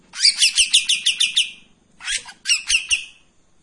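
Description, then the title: Streak-eared bulbul song: a quick series of rasping, high chattered notes, then a short pause and a second briefer burst of the same scratchy notes. Actively singing bird with long 'besetan' phrases and 'tembakan' (shooting) notes; clear audio used as tutor song for training white-rumped shama. "KAPAS TEMBAK GACOR TEMBAKAN DAN BESETAN PANJANG AUDIO KERNIH COCOK UNTUK MASTERAN MURAI BATU PASTOL"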